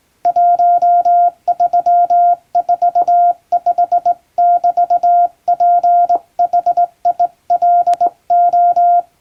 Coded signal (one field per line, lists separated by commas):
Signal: Morse code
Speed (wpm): 20 wpm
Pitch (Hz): 700 Hz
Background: none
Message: 1345<BT>PHILO